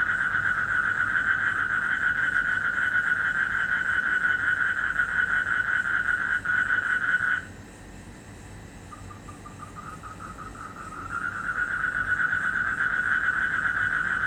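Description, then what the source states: Frog trilling: a fast, steady pulsed trill runs for about seven seconds, drops away to a softer trill, then swells back to full strength. Indonesia, 2012.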